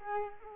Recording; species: mosquito wingbeat signal from an infrared sensor; Culex quinquefasciatus